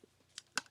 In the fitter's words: it just snaps right into our handle it's maybe hard to see let me get it up there